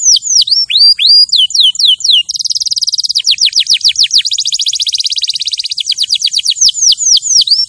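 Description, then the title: Canary song with swooping whistles, then long fast buzzy trills and rolls, returning to repeated high downward-sweeping notes. Champion canary song used as a master recording for training other birds. "Masteran Kenari Juara"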